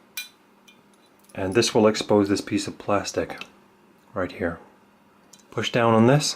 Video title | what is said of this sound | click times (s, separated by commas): Glock Detail Strip HD | first pull black on the firing pin until you hear a click | 0.2 s